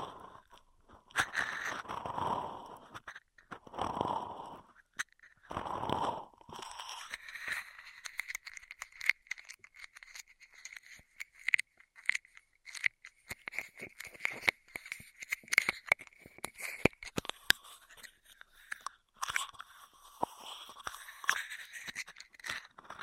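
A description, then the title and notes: Ear sounds with no talking. The opening seconds bring soft swelling rushes, like hands cupping or brushing. After that comes a dense run of light crinkly tapping and scratching, with bright clicks scattered throughout. ASMR 10 Levels of Intense Ear Triggers (No Talking).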